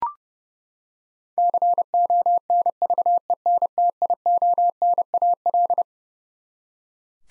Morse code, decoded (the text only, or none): CONVENTIONAL